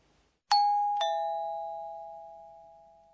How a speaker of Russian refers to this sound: Это звонок в дверь. В японском языке слово для него «пим-пом».